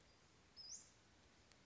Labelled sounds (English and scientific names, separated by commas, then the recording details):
Western Flycatcher (Empidonax difficilis)
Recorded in Sonoma County, California